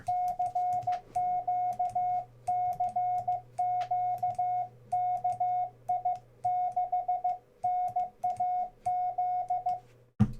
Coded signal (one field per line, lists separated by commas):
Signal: Morse code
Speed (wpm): 15 wpm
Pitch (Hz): 720 Hz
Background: radio noise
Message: CQ CQ KI6NAZ